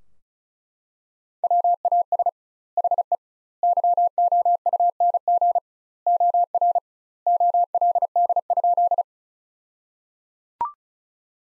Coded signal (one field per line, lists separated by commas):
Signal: Morse code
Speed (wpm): 34 wpm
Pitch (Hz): 700 Hz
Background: none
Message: WAS HE YOUNG OR OLD?